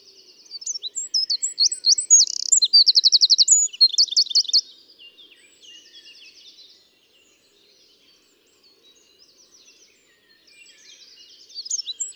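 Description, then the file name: Eurasian wren song: a loud, rapid burst of high trills and chattering notes for about four seconds, then a quieter warbling phrase and a renewed outburst near the end. "Troglodytes troglodytes"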